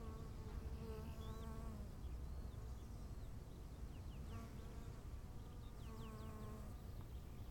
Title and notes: 15:15 feldweg zur bruder-klaus-kapelle, bienen, vögel, wind, stille. wachendorf, feldweg